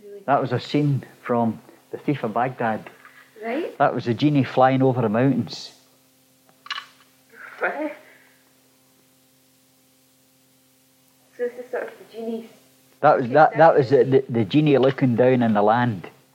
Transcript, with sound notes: That was a scene from The Thief of Baghdad.
Right.
That was the genie flying over the mountains. [pause]
so this was sort of the genie--
That was, that was the genie looking down on the land.